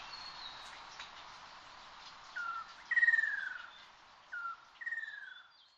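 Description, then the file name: Ruddy kingfisher calls: two pairs of a short note, each followed by a descending rolling trill, after a quiet stretch of faint background hiss. Recorded on Sado (Ōsado) on 2 June 2021. "akashobin 210602 osado mju"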